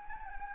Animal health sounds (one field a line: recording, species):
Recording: mosquito wingbeat signal from an infrared sensor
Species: Anopheles gambiae